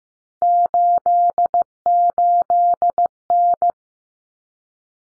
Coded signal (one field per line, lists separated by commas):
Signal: Morse code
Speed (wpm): 15 wpm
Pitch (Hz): 700 Hz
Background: none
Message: 88N